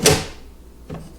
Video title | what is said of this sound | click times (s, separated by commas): Kitchen Island from White Oak | push them in till I hear it click like that | 0.1 s